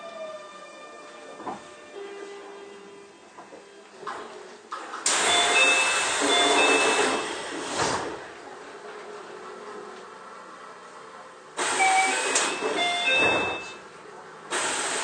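A Keio 9000 series train rolls along with a low hum and steady whining tones. Around five seconds a loud rushing roar swells in and lingers, easing by ten seconds, then another loud surge returns near twelve seconds and briefly again at the end.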